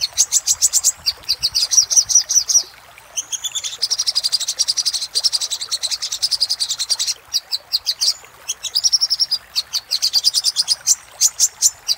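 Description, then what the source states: Little spiderhunter song: rapid runs of sharp, high chipping notes in quick bursts, with brief pauses between phrases. Used for training cage birds.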